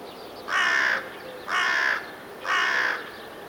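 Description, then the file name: Carrion crow calling three harsh, rasping caws, each about half a second long, spaced roughly one second apart over a steady background hiss. "Corvus corone"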